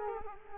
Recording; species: mosquito wingbeat signal from an infrared sensor; Culex quinquefasciatus